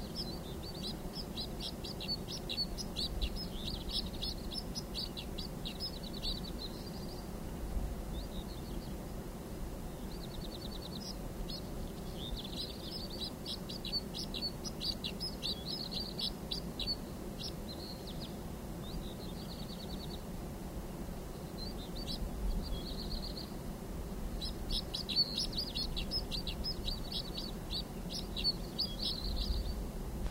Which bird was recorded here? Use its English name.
White-winged Snowfinch